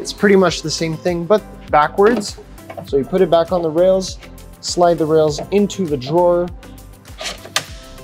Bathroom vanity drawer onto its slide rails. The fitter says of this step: and as soon as you do that you hear a click and once you hear the click you can just put the covers